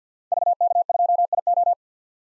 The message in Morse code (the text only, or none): VK2IO